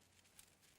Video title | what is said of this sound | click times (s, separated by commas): How to Build a Low-Tech Planted Tank • Episode 02 - BigAlsPets.com | you just pull it until it clicks into place and now it's shut | 0.4 s